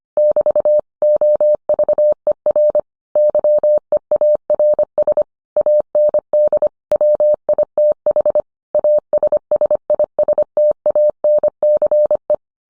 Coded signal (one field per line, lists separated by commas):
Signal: Morse code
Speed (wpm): 25 wpm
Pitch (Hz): 600 Hz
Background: none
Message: <BT> OVER YEARS AND WITH ASSISTANCE